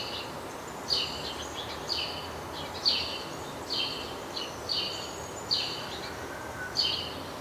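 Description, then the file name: House sparrow chirps coming about once a second over steady background hiss. "Passer domesticus"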